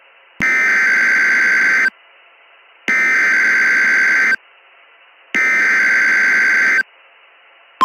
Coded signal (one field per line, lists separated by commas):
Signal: Emergency Alert System (SAME) tones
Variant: header bursts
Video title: Dixdos EAS Scenario Orange Night (REUPLOAD)